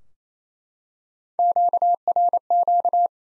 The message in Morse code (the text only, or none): QRQ